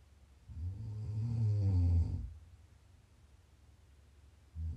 ASMR Snoring. Please enjoy some prime ASMR snoring.